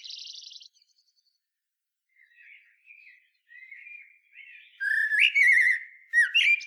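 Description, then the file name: Common blackbird: a buzzy high note, soft warbles, then a loud fluting phrase with wavering whistles and squeaky high flourishes. "Turdus merula"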